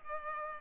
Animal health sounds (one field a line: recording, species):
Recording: mosquito wingbeat signal from an infrared sensor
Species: Culex pipiens